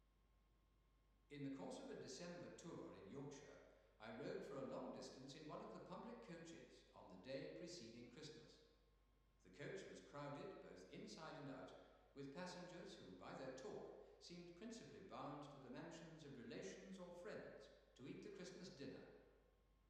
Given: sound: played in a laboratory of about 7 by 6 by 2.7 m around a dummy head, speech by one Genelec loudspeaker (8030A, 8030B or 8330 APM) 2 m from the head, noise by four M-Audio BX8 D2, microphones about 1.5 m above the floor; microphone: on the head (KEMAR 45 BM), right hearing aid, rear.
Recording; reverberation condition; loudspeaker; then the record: male speech in English; high; behind (180 degrees)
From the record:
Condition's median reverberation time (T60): about 1300 ms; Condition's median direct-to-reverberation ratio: about -4.0 dB